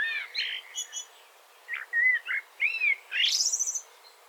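Eurasian blackbird delivering a string of rich, fluty warbled notes with sliding pitch, closing with a high, strained squeaky flourish.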